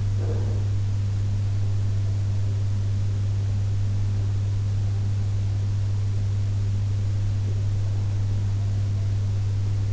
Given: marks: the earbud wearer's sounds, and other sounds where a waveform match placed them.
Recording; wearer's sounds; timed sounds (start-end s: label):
sounds in sleep by an in-ear microphone; breath
0.00-1.99 s: breath